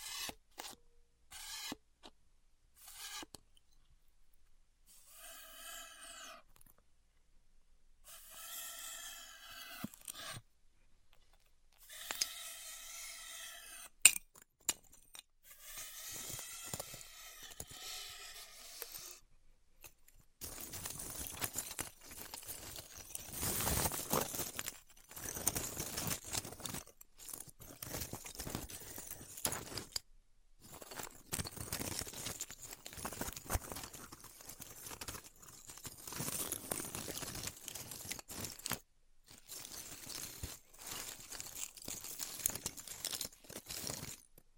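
Styrofoam is cut with a heated tool. The first twenty seconds bring short, separate bursts, several with a squeaky, whining tone, split by silences. After that comes a dense, bright crackling hiss that runs almost continuously, broken only by brief pauses.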